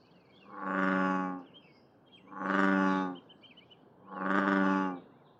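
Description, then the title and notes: American bullfrog giving deep, droning, harmonic calls: three long rumbling notes of about a second each, with faint higher chirps above. Calling in the morning in Seattle, Pacific Northwest; recorded with a parabolic reflector dish, light noise reduction and a high-pass filter. "a bullfrog at the Union Bay Nature Area"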